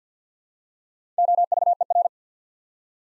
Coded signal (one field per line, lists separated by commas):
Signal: Morse code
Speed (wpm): 48 wpm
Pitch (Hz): 700 Hz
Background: none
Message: OVER